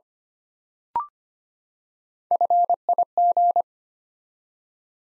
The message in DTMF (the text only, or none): none